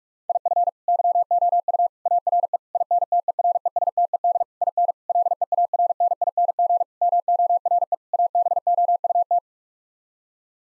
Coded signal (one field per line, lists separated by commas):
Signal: Morse code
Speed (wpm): 46 wpm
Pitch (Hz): 700 Hz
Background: none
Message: IF YOU ARE INTERESTED IN LEARNING MORE ABOUT